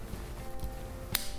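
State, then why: Not seated. A top plate is being fitted over the chainsaw-blade disc attachment on an angle grinder, with quiet handling noise and a brief sharp tap near 1.2 s. Nothing has seated or clicked yet; the clip ends before the assembly goes home.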